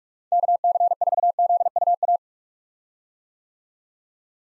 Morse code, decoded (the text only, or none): KC4ZUA